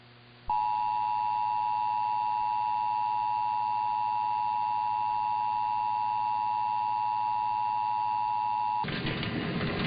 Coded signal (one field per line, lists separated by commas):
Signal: Emergency Alert System (SAME) tones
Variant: 853 and 960 Hz attention tone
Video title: [EAS #1705-1707] Central California & San Francisco Monthly Tests